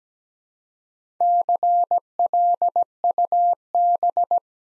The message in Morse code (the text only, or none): CLUB